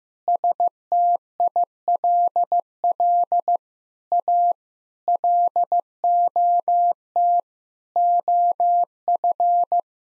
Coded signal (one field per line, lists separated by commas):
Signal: Morse code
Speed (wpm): 15 wpm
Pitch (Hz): 700 Hz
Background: none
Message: STILL A LOT OF